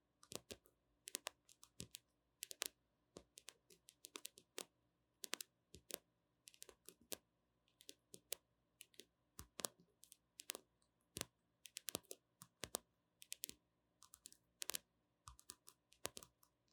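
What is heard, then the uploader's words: Gentle tapping comes in quick, irregular clusters of sharp clicks, like fingertips or nails on a hard surface. The taps continue steadily through the whole clip, each one crisp and bright, with brief pauses between bursts and a quiet, faint hum underneath. ASMR 抒壓放鬆的輕柔敲擊聲 | Gentle Tapping for Sleep | NO Talking.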